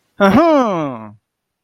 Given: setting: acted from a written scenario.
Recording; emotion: vocal sound without words; triumph